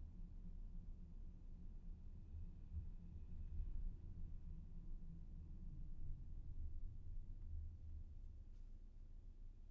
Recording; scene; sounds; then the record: everyday scene through a hearing-aid microphone; in a vehicle; engine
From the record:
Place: VW T5 Caravelle, diesel engine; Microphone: behind the ear, left, front